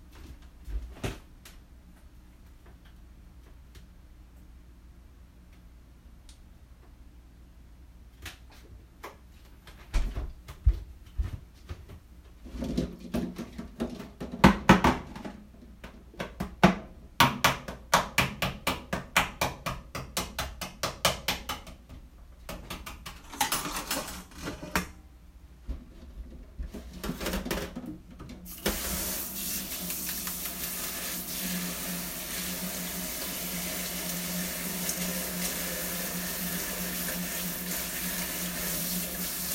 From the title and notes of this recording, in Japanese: キッチンの音。水の音が心地よい！